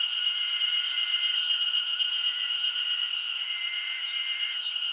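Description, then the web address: Dense insect ambience: piercing constant whine with several drawn-out tones and soft scattered pulses. Japanese summer insect ambience. "Sound Effects-Foundation 1 AMBIENCE JAPANESE SUMMER INSECTS 01"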